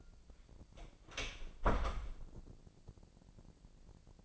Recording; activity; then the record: daily activity, microphone in the room; close door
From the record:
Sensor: 5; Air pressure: 1012.4 hPa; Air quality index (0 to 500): 160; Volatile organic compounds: 2 ppm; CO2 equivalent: 1093 ppm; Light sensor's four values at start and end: 242/589/246/270 and 236/574/240/263